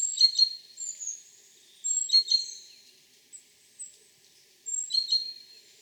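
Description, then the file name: Great tit calls, high bursts of sharp chirps and short whistles in three main groups a couple of seconds apart, with thinner high notes between. "Parus major"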